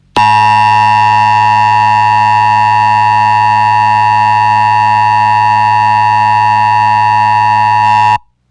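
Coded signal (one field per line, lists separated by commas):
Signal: Emergency Alert System (SAME) tones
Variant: 853 and 960 Hz attention tone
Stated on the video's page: Fictional mini EAS scenario.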